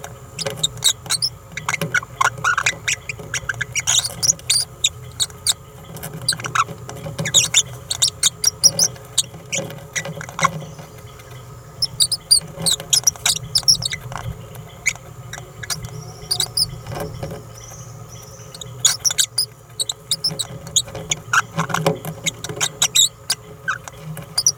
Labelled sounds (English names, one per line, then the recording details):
Green-rumped Parrotlet babbling
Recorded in a nest box in Venezuela
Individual 18B17A3